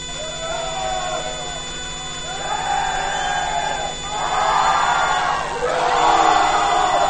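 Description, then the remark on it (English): A crowd cheers and shouts in successive surging waves in a loudest-cheer contest to choose a mock next Pope, each burst swelling louder than the last, with the final roar the biggest, over a steady electrical hum. “When I point, and it's the loudest cheer wins.”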